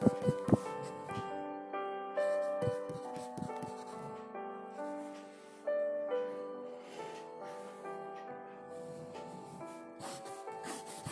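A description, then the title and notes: A slow piano melody rings with sustained notes while scratchy pencil strokes and paper rustles come in frequent bursts over the music. Kpop piano study session, pencil asmr, page turning. It was actually 4:30 or so in the morning when I recorded this.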